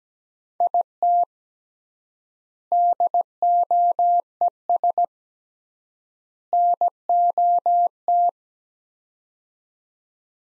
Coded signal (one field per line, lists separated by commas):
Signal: Morse code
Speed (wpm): 17 wpm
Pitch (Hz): 700 Hz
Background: none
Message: IT DOES NOT